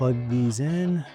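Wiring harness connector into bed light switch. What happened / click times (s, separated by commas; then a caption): Handled, not yet home: no seating click from the wiring connector / none. Someone talks over background music while wiring harness connectors are handled for plugging into the back of a bed light switch from a 2015–2026 F-Series bed light switch upgrade kit. No connector has seated or clicked yet.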